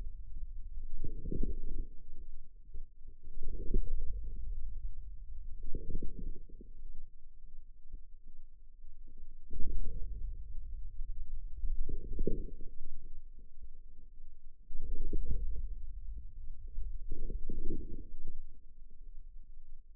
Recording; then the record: forearm muscle sounds (acoustic myography)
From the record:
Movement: inward rotation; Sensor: system 2, bracelet of six BSWA MPA416 microphones around the upper forearm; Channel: 5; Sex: male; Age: 22 years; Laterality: right